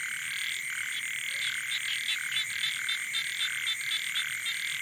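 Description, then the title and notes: Frogs and toads: frog chorus of quick, clipped croaks in uneven bursts, layered over a constant high-pitched buzzing background. Wild night chorus on the shore of Boeng Thum lake, Cambodia, around 23:00 on 12 December 2018, as human noise fades. "Soirée aux batraciens - Cambodge. 12 décembre 2018 Sur le bord du lac "Boeng Thum" vers 23h00 au moment ou le silence des hommes laisse place au monde sauvage"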